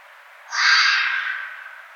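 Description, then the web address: Red fox letting out a single harsh, grating scream that starts abruptly and trails off over about a second. Recorded on 6 February 2012. "Red Fox 2012 02 06 Red Fox"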